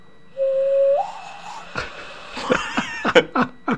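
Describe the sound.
A person improvises a vocal imitation of a red fox call: a steady high whistle-like tone, then a string of raspy, strained yelps and barks in uneven bursts, each sharp and harsh.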